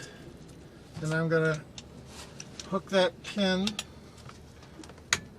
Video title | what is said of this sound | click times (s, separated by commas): NeMCMH Ramp Vans with Q'Straint Tie Down System | and make sure it clicks in | 5.1 s